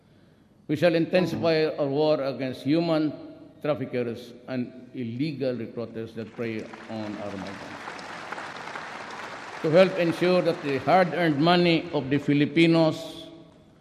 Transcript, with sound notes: We shall intensify our war against human traffickers and illegal recruiters that prey on our migrants. [applause]
To help ensure that the hard-earned money of the Filipinos